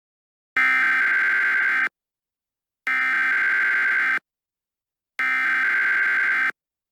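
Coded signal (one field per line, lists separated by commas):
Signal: Emergency Alert System (SAME) tones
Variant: header bursts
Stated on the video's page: Fictional EAS scenario, audio generated with Audacity alongside text-to-speech voices.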